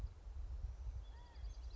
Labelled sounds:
California Quail (Callipepla californica)
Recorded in Sonoma County, California

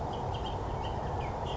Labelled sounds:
Bullock's Oriole (Icterus bullockii)
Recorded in Sonoma County, California

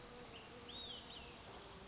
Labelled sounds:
Olive-sided Flycatcher (Contopus cooperi)
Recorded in Sonoma County, California

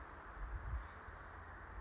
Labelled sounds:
California Towhee (Melozone crissalis)
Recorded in Sonoma County, California

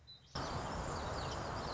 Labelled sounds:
Song Sparrow (Melospiza melodia)
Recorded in Sonoma County, California

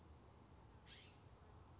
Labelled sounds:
California Scrub-Jay (Aphelocoma californica)
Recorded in Sonoma County, California

